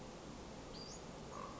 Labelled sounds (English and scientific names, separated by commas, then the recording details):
Western Flycatcher (Empidonax difficilis)
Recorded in Sonoma County, California